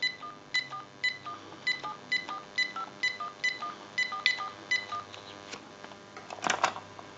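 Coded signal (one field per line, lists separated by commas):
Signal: DTMF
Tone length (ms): 90 ms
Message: 14174511441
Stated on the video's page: DTMF tones from a General Electric 27909 cordless telephone undergoing checkout and repair.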